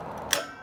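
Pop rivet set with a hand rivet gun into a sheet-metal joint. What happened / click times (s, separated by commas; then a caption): Pop rivet set and the mandrel snapped off / 0.3 s. A hand rivet gun is squeezed on a pop rivet placed in a hole joining sheet-metal chimney liner parts for a Drolet fireplace insert. After a quiet low hum, a single sharp pop rings out at 0.3 s as the mandrel snaps off, then fades quickly. The rivet is set and seated.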